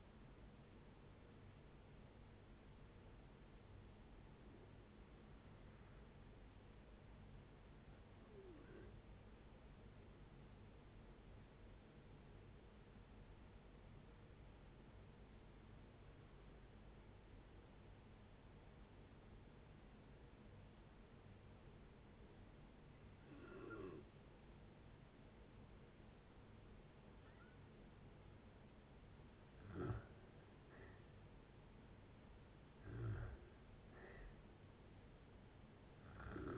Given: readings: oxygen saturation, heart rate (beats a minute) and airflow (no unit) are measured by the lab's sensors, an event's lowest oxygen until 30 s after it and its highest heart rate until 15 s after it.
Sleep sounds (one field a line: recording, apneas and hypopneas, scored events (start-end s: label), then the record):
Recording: breathing in sleep by a voice recorder at the bedside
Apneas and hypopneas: 1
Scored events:
1.00-31.00 s: new sleep stage, N1 (lightest sleep)
7.00-30.10 s: hypopnea (N1, oxygen 96% highest, then 84% lowest, heart rate 66 at the start, 70 highest)
31.00-36.58 s: new sleep stage, N2 (light sleep)
From the record:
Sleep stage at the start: N2 (light sleep)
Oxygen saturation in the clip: 81 to 96%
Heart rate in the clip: 56 to 76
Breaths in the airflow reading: 6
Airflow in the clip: -12.8 to 11.8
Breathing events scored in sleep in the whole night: 496 in 5.4 hours asleep